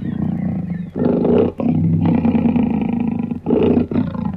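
Leopard growling, deep and rough, in several long rumbling phrases separated by short gaps.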